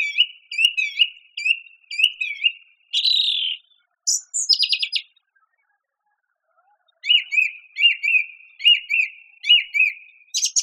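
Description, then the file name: Song thrush singing with strong repetition: a chirped note repeated several times, a harsh scratchy phrase, then a bright two-part note repeated several times. "suara-kicauan-burung-song-thrush -omkicau"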